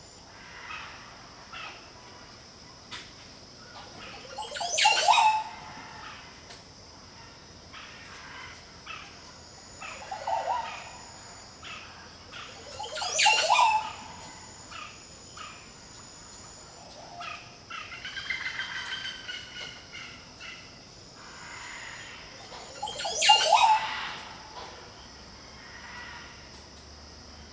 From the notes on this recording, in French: Collection de field recordings autour du thème de la jungle